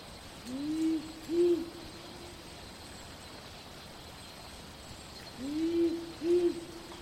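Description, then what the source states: Powerful Owl giving two deep double hoots about five seconds apart, each a low rising note followed by a slightly higher one, over soft steady background hiss. Hooting at night in city bushland.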